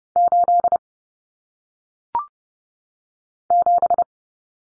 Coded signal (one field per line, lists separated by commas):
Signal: Morse code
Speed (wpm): 30 wpm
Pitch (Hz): 700 Hz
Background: none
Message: 8 7